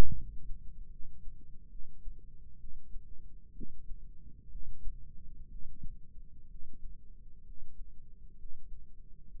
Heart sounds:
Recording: heart sounds by microphone in the left ear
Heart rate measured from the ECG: 66 bpm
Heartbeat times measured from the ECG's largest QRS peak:
0.15 s: heartbeat
0.90 s: heartbeat
1.69 s: heartbeat
2.58 s: heartbeat
3.53 s: heartbeat
4.49 s: heartbeat
5.48 s: heartbeat
6.48 s: heartbeat
7.44 s: heartbeat
8.36 s: heartbeat
9.28 s: heartbeat
From the record:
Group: healthy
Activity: Valsalva maneuver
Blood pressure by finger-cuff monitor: 147/70 mmHg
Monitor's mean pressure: 92 mmHg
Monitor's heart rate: 63 bpm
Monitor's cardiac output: 6.3 L/min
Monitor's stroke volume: 96 mL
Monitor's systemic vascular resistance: 1070 dyn s/cm5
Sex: female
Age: 37 years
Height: 168 cm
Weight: 70 kg

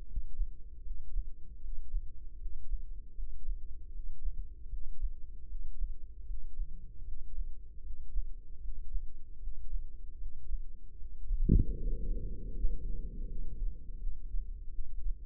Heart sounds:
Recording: heart sounds by microphone in the left ear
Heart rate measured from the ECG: 78 bpm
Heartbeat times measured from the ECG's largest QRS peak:
0.05 s: heartbeat
0.82 s: heartbeat
1.60 s: heartbeat
2.38 s: heartbeat
3.14 s: heartbeat
3.91 s: heartbeat
4.68 s: heartbeat
5.47 s: heartbeat
6.25 s: heartbeat
7.04 s: heartbeat
7.82 s: heartbeat
8.60 s: heartbeat
9.39 s: heartbeat
10.18 s: heartbeat
10.97 s: heartbeat
11.76 s: heartbeat
12.54 s: heartbeat
13.26 s: heartbeat
13.98 s: heartbeat
14.69 s: heartbeat
From the record:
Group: healthy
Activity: rest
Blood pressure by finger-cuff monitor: 100/74 mmHg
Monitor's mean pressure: 83 mmHg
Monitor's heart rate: 77 bpm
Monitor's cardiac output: 5.4 L/min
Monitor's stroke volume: 70 mL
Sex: female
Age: 32 years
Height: 172 cm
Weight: 71.7 kg

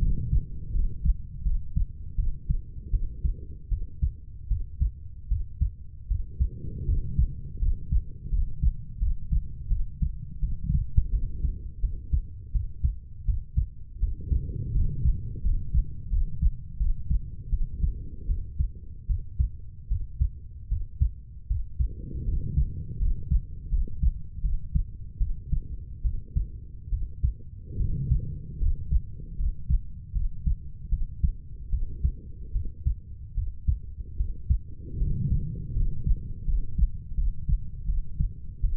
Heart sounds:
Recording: heart sounds by stethoscope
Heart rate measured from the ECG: 79 bpm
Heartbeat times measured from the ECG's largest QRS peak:
0.72 s: heartbeat
1.43 s: heartbeat
2.16 s: heartbeat
2.91 s: heartbeat
3.69 s: heartbeat
4.48 s: heartbeat
5.28 s: heartbeat
6.08 s: heartbeat
6.86 s: heartbeat
7.59 s: heartbeat
8.30 s: heartbeat
8.99 s: heartbeat
9.68 s: heartbeat
10.40 s: heartbeat
11.10 s: heartbeat
11.80 s: heartbeat
12.52 s: heartbeat
13.25 s: heartbeat
13.99 s: heartbeat
14.73 s: heartbeat
15.42 s: heartbeat
16.10 s: heartbeat
16.78 s: heartbeat
17.50 s: heartbeat
18.27 s: heartbeat
19.07 s: heartbeat
19.88 s: heartbeat
20.68 s: heartbeat
21.47 s: heartbeat
22.25 s: heartbeat
22.98 s: heartbeat
23.69 s: heartbeat
24.41 s: heartbeat
25.18 s: heartbeat
26.02 s: heartbeat
26.90 s: heartbeat
27.77 s: heartbeat
28.59 s: heartbeat
29.36 s: heartbeat
30.13 s: heartbeat
30.89 s: heartbeat
31.70 s: heartbeat
32.52 s: heartbeat
33.34 s: heartbeat
34.17 s: heartbeat
34.98 s: heartbeat
35.73 s: heartbeat
36.45 s: heartbeat
37.15 s: heartbeat
37.86 s: heartbeat
38.61 s: heartbeat
From the record:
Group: healthy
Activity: rest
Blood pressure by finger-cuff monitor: 99/40 mmHg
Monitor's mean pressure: 62 mmHg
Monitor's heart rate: 78 bpm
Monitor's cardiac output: 9.9 L/min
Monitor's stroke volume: 127 mL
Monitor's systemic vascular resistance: 440 dyn s/cm5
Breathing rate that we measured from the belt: 8 breaths a minute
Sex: female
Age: 32 years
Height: 168 cm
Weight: 61.9 kg

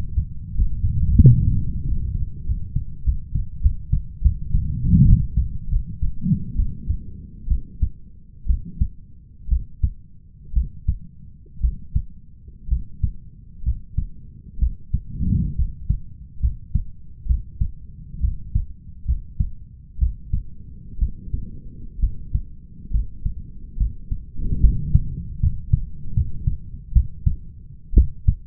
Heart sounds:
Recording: heart sounds by stethoscope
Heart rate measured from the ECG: 70 bpm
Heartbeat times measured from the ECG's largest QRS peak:
0.53 s: heartbeat
1.20 s: heartbeat
1.84 s: heartbeat
2.45 s: heartbeat
3.04 s: heartbeat
3.61 s: heartbeat
4.21 s: heartbeat
5.05 s: heartbeat
5.69 s: heartbeat
6.56 s: heartbeat
7.48 s: heartbeat
8.46 s: heartbeat
9.49 s: heartbeat
10.53 s: heartbeat
11.61 s: heartbeat
12.68 s: heartbeat
13.63 s: heartbeat
14.59 s: heartbeat
15.55 s: heartbeat
16.40 s: heartbeat
17.26 s: heartbeat
18.20 s: heartbeat
19.05 s: heartbeat
19.98 s: heartbeat
20.99 s: heartbeat
22.00 s: heartbeat
22.91 s: heartbeat
23.77 s: heartbeat
24.61 s: heartbeat
25.40 s: heartbeat
26.14 s: heartbeat
26.93 s: heartbeat
27.94 s: heartbeat
From the record:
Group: healthy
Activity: Valsalva maneuver 0-4 s, rest 4-28 s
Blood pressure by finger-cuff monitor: 109/74 mmHg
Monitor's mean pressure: 85 mmHg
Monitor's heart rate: 69 bpm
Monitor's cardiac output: 5.4 L/min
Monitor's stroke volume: 78 mL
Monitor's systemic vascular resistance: 1160 dyn s/cm5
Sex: male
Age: 21 years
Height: 170 cm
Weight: 71 kg

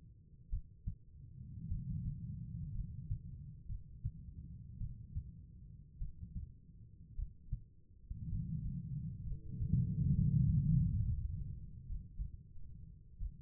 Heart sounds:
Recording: heart sounds by stethoscope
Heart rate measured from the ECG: 57 bpm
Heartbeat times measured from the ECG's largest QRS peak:
0.50 s: heartbeat
1.68 s: heartbeat
2.72 s: heartbeat
3.66 s: heartbeat
4.78 s: heartbeat
5.98 s: heartbeat
7.15 s: heartbeat
8.29 s: heartbeat
9.23 s: heartbeat
10.11 s: heartbeat
10.96 s: heartbeat
11.85 s: heartbeat
13.16 s: heartbeat
From the record:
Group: healthy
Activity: rest 0-12 s, breath hold 12-13 s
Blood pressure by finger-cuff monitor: 96/59 mmHg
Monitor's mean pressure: 70 mmHg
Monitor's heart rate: 58 bpm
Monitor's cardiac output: 4.5 L/min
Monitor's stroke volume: 80 mL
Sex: female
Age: 36 years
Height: 163 cm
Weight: 88 kg

